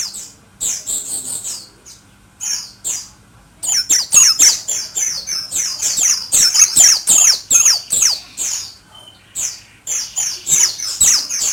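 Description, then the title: White-eye song: a few short high twitters, then a long, lively run of rapid sweet chirping notes with short breaks. Pleci (white-eye) named or owned as Mr. Kebo; Malang, East Java, Indonesia. "Pleci Mr. Kebo Malang - Jawa Timur"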